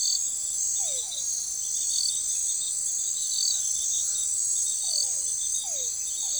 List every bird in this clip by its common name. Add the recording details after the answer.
none. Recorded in forest near Pivijay, Magdalena, Colombia, on 15 April 2023 at 00:00. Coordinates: 10.467, -74.380. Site Z5-G034